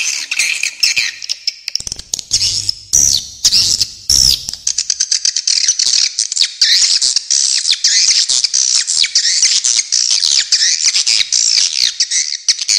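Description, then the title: Swiftlet calls: continuous high twittering with rapid clicky chirps and buzzy trills, and a brief low hum early on. Original, clean, clear recording. "Suara Walet"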